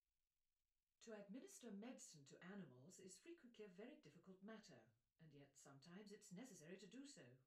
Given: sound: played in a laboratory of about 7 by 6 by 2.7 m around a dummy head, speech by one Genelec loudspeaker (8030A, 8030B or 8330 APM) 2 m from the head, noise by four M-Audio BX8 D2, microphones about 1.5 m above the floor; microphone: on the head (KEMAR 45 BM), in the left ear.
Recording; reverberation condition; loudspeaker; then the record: female speech in English; low; 60 degrees to the right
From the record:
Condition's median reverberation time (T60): about 310 ms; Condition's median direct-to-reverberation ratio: about 3.5 dB